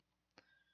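With the rotor slid through a garden tractor's starter generator, a carbon brush is wiggled in its spring clip until the spring gains tension, then drops into place against the copper commutator. A short, faint snap is heard at 0.4 s, set against a quiet background, and faint steady high tones follow. The brush is seated.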